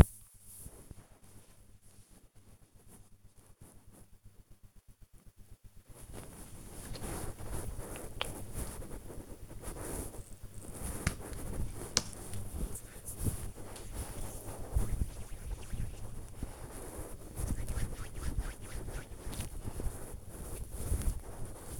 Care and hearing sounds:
household activities, microphone on the right wrist
5.59-21.80 s: cream hands

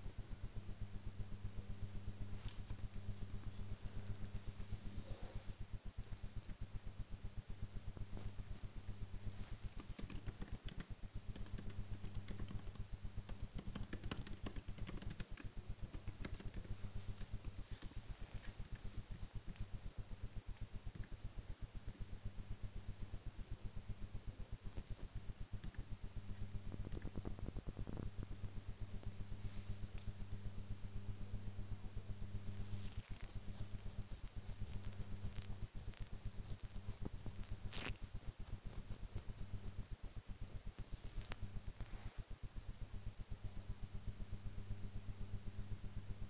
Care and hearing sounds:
household activities, microphone on the right wrist
0.00-46.30 s: working on the computer

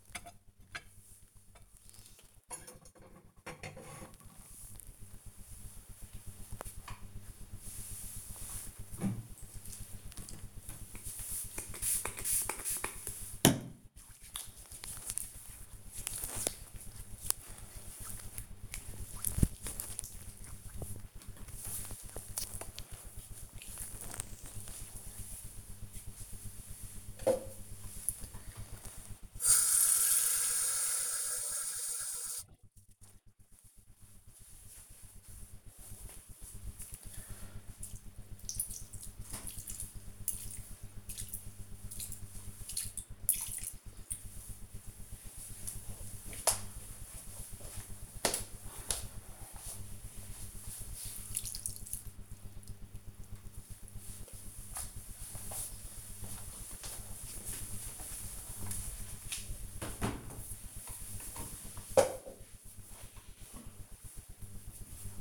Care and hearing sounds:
household activities, microphone on the right wrist
0.00-1.39 s: washing dishes
9.44-20.54 s: disinfecting hands
27.58-52.80 s: watering plant

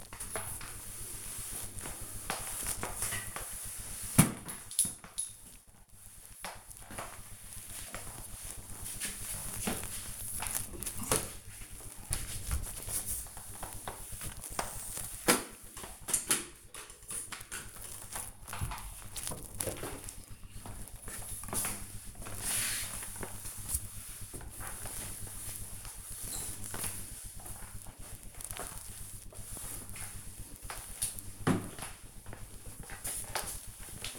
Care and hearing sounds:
household activities, microphone on the right wrist
0.00-34.19 s: floor cleaning

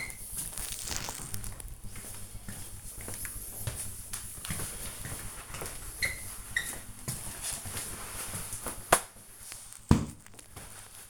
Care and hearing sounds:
household activities, microphone on the right wrist
0.00-11.10 s: cleaning the cupboard
0.00-11.10 s: kitchen

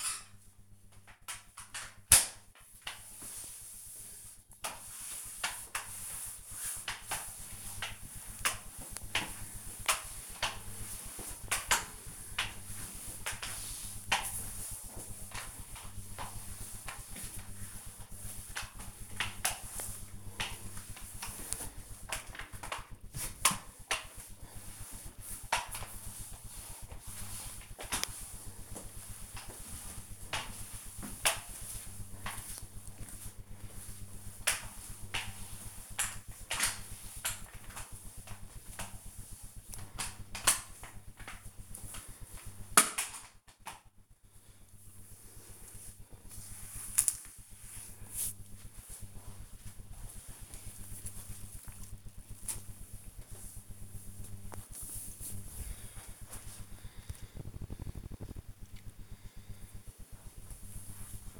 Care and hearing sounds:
household activities, microphone on the right wrist
0.00-52.45 s: floor cleaning

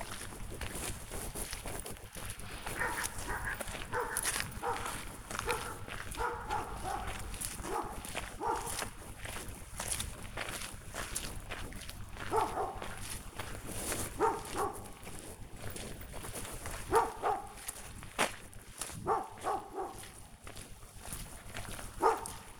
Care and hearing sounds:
household activities, microphone on the right wrist
0.00-22.60 s: going for a walk with dog

